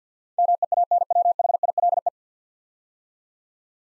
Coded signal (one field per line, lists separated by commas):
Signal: Morse code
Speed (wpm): 46 wpm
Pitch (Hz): 700 Hz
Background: none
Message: MEANWHILE